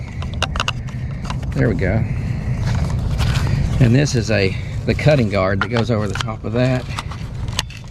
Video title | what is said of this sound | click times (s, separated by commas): Cutting Steel, Re-Purposing Entry Gates for The Land. | and it clicks right into this position. | 7.6 s